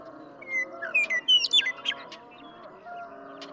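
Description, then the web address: Western meadowlark song: a series of clear whistles and bubbling notes forming one phrase, over a steady low humming background. "birdsongforthecurious songs Western Meadowlark"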